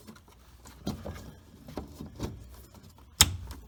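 The short end of a plug-and-play 6-way wiring harness for a Lance truck camper is pushed into the bumper connector, with soft rustling and light handling knocks around 0.9 s and 2.2 s. A loud, sharp click at 3.2 s marks the plug latching fully seated in the socket.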